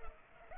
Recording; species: mosquito wingbeat signal from an infrared sensor; Culex pipiens